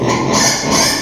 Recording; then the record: squeal of a Yucatan mini pig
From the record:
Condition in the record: before surgery on the right vocal fold (resection and tissue-engineered implant); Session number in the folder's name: 2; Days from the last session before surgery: 0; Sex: male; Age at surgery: 12 weeks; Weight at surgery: 13 kg